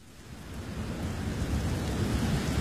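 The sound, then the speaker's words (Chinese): Heavy rain pours steadily, a dense hiss with a deep low rumble beneath, swelling slightly louder after the opening moment and holding constant throughout. No one speaks. “宦官曹安撑着一把伞在雨中奔走，紧张的喘气声虽然被雨水淹没，但是匆匆的步履一望就知道是发生了大事。”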